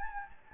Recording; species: mosquito wingbeat signal from an infrared sensor; Anopheles gambiae